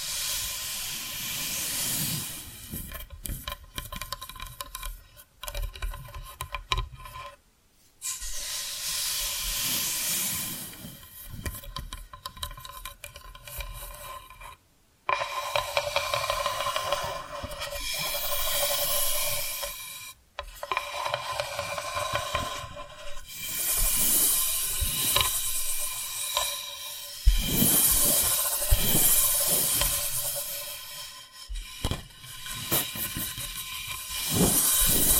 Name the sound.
Hypnotic Tapping & Scratching Sounds